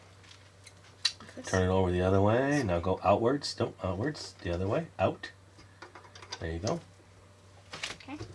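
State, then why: Not seated. A brown plastic piece from a Playmobil Explorers Hidden Temple with T-Rex building set is handled, turned over and positioned against another part of the temple structure, with small plastic taps and knocks heard while someone talks. Nothing has seated or clicked into place yet.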